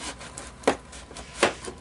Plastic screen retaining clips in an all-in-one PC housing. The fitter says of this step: Oh yeah, you see those? You hear those clicks?